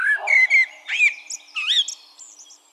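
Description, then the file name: Common blackbird singing a quick series of mellow fluted notes mixed with sharp high squeaks. "Turdus merula"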